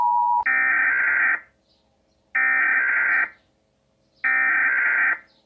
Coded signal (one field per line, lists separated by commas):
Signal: Emergency Alert System (SAME) tones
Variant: header bursts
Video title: THE ACTUAL EAS ALARM FOR ALL U.S STATES